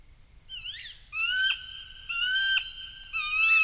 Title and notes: Combe du Golet du Gela Peyrieu, France - Cris d'une chouette hulotte femelle dans la nuit. Marc Namblard. Stéphane Marin - EspaceS SonoreS. l’Observatoire PhoNographique Sensible du Rhône. Haut-Rhône en 2021-22